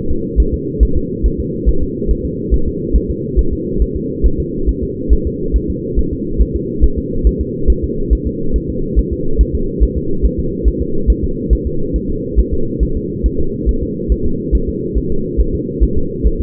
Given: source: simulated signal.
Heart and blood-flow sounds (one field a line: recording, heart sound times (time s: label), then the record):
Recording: fetal heart sounds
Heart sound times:
0.11 s: S2
0.40 s: S1
0.54 s: S2
0.83 s: S1
0.97 s: S2
1.26 s: S1
1.40 s: S2
1.69 s: S1
1.83 s: S2
2.11 s: S1
2.25 s: S2
2.54 s: S1
2.68 s: S2
2.96 s: S1
3.10 s: S2
3.39 s: S1
3.53 s: S2
3.82 s: S1
3.96 s: S2
4.26 s: S1
4.40 s: S2
4.69 s: S1
4.83 s: S2
5.13 s: S1
5.27 s: S2
5.56 s: S1
5.70 s: S2
5.99 s: S1
6.13 s: S2
6.42 s: S1
6.56 s: S2
6.84 s: S1
6.98 s: S2
7.27 s: S1
7.41 s: S2
7.70 s: S1
7.84 s: S2
8.13 s: S1
8.27 s: S2
8.56 s: S1
8.70 s: S2
8.99 s: S1
9.13 s: S2
9.41 s: S1
9.55 s: S2
9.83 s: S1
9.97 s: S2
10.25 s: S1
10.39 s: S2
10.68 s: S1
10.82 s: S2
11.10 s: S1
11.24 s: S2
11.53 s: S1
11.67 s: S2
11.96 s: S1
12.10 s: S2
12.39 s: S1
12.54 s: S2
12.83 s: S1
12.97 s: S2
13.26 s: S1
13.40 s: S2
13.69 s: S1
13.83 s: S2
14.12 s: S1
14.26 s: S2
14.55 s: S1
14.69 s: S2
14.98 s: S1
15.12 s: S2
15.41 s: S1
15.55 s: S2
15.83 s: S1
15.98 s: S2
16.27 s: S1
16.41 s: S2
From the record:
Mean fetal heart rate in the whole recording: 140 bpm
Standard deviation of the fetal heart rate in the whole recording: 2 bpm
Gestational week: 34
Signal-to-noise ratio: -8.1 dB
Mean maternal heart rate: 72 bpm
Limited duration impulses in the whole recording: absent